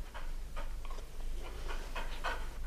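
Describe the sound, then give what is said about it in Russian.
A dog lying down pants steadily, with quick breathy huffs repeating at an even rhythm roughly every half second over a low, constant background hum. “Ну и лежи, лежи. Очень хорошая собака.”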